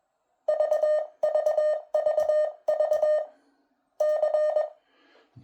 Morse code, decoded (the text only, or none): VVVV C